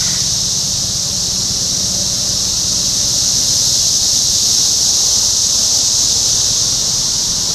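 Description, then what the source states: Cicadas in a steady, unbroken high droning chorus, a dense shimmering hiss that holds level throughout. Topeka, Kansas; 14 June 2015.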